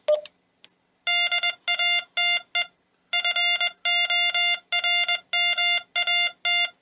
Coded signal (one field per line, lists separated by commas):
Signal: Morse code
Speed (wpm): 21 wpm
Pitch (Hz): 2800 Hz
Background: none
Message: DATE FORMAT